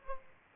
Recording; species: mosquito wingbeat signal from an infrared sensor; Aedes aegypti